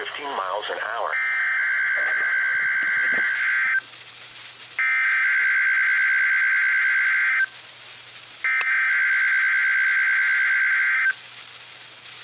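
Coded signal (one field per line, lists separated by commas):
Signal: Emergency Alert System (SAME) tones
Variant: header bursts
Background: speech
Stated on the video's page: Weekly test captured from a weather radio station.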